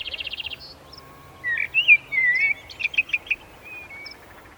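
Eurasian blackbird song: a fluted, warbling phrase of low whistles followed by thin, high squeaky notes, after a brief rapid chattering at the start.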